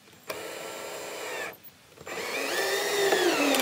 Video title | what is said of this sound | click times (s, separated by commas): Homestead Build - Exterior Boards, Forcing Bent Boards to be Straight | ah stripped out | 0.3 s